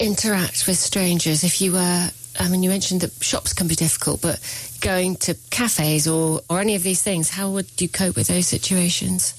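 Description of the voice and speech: One adult voice asks a long question at a steady conversational pace, with a mid-range, natural pitch. There is only a brief hesitation and a filler "um". The speech is fluent, with no blocks or repetitions.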